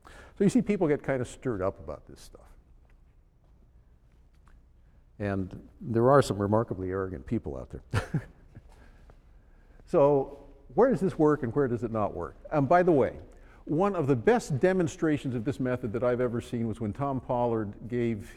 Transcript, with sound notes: So you see people get kind of stirred up about this stuff; and there are some remarkably arrogant people out there. [laughs] So where does this work and where does it not work? And by the way, one of the best demonstrations of this method that I’ve ever seen was when Tom Pollard gave